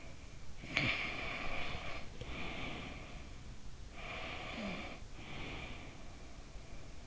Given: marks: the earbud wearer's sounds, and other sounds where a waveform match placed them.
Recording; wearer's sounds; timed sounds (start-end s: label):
sounds in sleep by an in-ear microphone; breath
0.00-6.51 s: breath